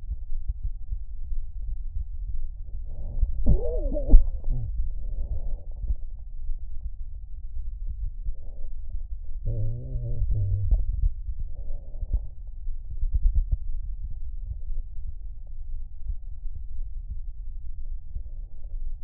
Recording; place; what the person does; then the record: lung sounds by stethoscope; left anterior apical chest; quiet breathing, then cough and speech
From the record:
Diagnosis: interstitial lung disease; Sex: male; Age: 74 years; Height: 160 cm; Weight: 54 kg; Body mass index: 21.1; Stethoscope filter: extended mode